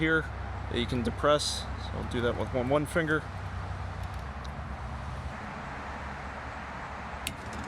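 Someone talks, then presses the plastic release tab on the wiper blade adapter with one finger and pulls the blade off the metal J-hook wiper arm of a 2005–2013 Hyundai Tucson over a steady low hum. A single short, sharp click at 7.3 s marks the tab letting go, and the blade is released from the arm.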